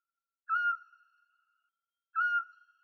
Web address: Otus scops